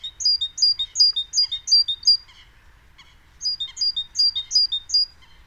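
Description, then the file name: Great tit calls: bright, high, rapid repeated two-part notes in a run of about two seconds, a short pause, then another similar run. "Parus major"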